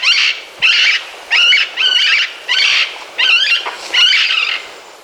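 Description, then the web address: White-capped Parrot uttering seven loud, rough squawks at an uneven pace over a soft low background hiss. Recorded in Ecuador. "Birds of Ecuador. White-Capped Parrot"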